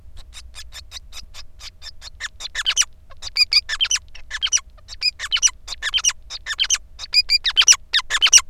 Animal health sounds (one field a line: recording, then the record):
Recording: song of a male Bengalese finch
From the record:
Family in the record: son of father 5